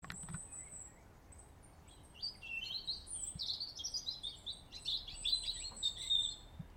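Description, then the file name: European robin song: one high, sustained whistle opens, then a varied run of quick warbling, tinkling phrases that grows louder and livelier toward the end. "Erithacus rubecula"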